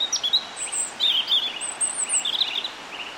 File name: Erithacus rubecula